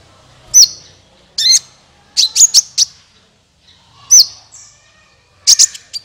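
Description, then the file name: Van Hasselt's sunbird chirping song: sharp, very high notes, some sliding down, in short bursts with brief pauses between them. "suara kolibri ninja"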